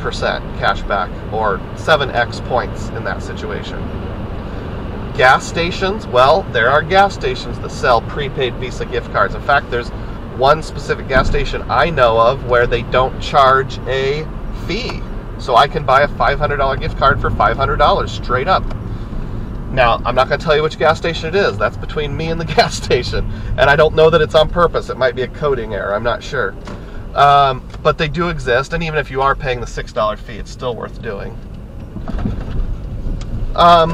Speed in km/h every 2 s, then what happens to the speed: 90, 92, 90, 89, 85, 84, 76, 66, 56, 47, 32, 26, 31, 37, 27, 24, 31.
0-11 steady at about 89. 11-22 brakes to 26. 22-26 speeds up to 37. 26-30 slows to 24. 30-34 speeds up to 31.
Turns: 19-23, 28-31.